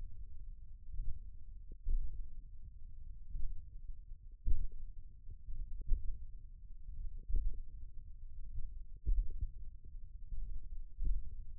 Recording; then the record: forearm muscle sounds (acoustic myography)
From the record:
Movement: thumb flexion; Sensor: system 1, eight BSWA MPA416 microphones around the upper forearm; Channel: 6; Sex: male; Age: 28 years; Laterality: right